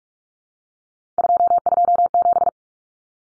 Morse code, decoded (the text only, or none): 227